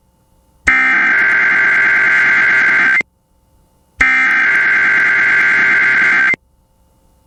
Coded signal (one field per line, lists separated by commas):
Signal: Emergency Alert System (SAME) tones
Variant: header bursts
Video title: (EAS #41) Florida + Georgia TORNADO WATCH on KALT-FM